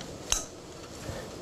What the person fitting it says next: make sure it clicks so we know that it's in position